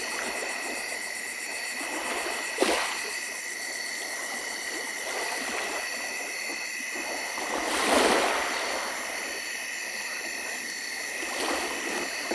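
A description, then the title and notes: A small pond at midnight: steady trickling water with high insect trilling above, and a few brief splashes near 3 and 8 seconds. Midnight by the Small Pond.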